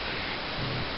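A plastic piece of a combiner transforming-robot toy, which came loose when the torso was picked up, is handled and pushed back toward its socket on the torso. Only a steady, broad hiss-like noise is heard, growing slightly fuller with a low rumble in the second half, with no distinct snap. Nothing has seated or clicked into place yet.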